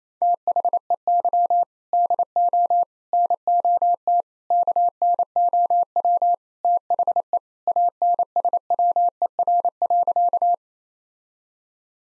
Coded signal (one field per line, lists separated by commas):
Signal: Morse code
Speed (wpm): 28 wpm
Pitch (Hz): 700 Hz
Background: none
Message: THEY DO NOT KNOW THE ANSWER.